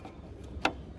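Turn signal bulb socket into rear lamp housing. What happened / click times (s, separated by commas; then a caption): The bulb socket twisted and snapped into the lamp housing / 0.7 s. A greased turn signal bulb socket on a Chrysler Pacifica is put into the rear tail lamp housing and turned to the right until it locks. Against a quiet background, one sharp snap is heard at 0.7 s, showing the socket has seated.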